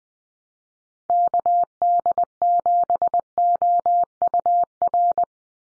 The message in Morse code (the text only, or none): KD7OUR